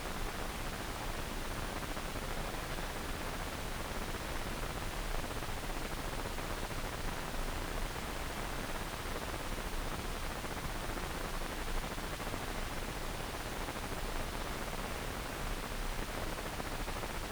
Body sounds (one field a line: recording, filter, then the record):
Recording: brain microelectrode recording played as sound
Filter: wide band, above 20 Hz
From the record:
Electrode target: subthalamic nucleus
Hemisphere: left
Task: reaching with the right hand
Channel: 1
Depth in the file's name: 1.267 mm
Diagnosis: Parkinson's disease